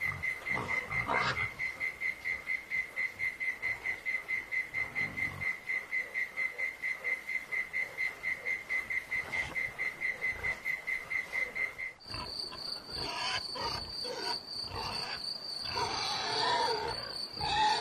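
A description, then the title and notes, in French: Farm animals, with a rapid, even insect-like chirping at one steady mid-high pitch running without a break for the first twelve seconds. Around the twelve-second mark it gives way to a higher, thinner buzzing trill, broken by scattered clicks and rustling knocks until the end. A la ferme avec ses animaux.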